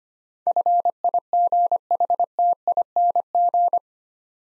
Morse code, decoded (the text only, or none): FIGHTING